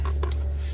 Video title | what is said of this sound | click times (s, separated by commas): How to install Fog Light Kit 2010 - 2011 Toyota Prius [Step by Step Installation] | snaps into place. | 0.3 s